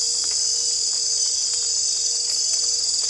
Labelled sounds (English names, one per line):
none